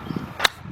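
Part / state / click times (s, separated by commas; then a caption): metal locking pin into its bracket hole / seated / 0.5 s. A mechanic raises the assembly slightly and pushes a metal locking pin home into its bracket hole during a partial engine rebuild on a 2003 Nissan Maxima GLE 3.5. One sharp metallic click sounds at 0.5 s over faint low background noise. The pin is locked into place.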